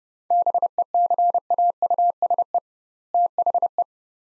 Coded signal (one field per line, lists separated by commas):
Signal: Morse code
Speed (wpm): 30 wpm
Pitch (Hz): 700 Hz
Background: none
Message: BECAUSE THE